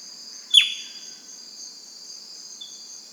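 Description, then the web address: Bird calling with one sharp note that drops quickly, then a short level whistle two seconds later, all over a constant high-pitched insect chorus. "BIRD 2015 SABIOD 50 bird 2015"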